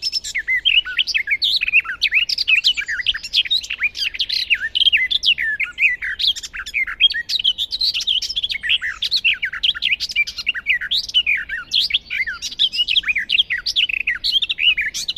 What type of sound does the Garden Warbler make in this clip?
song